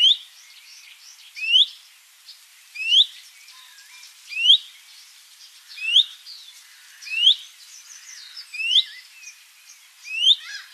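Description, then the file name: Common chaffinch repeating a sharp rising call roughly every one and a half seconds, seven times. "Fringilla coelebs"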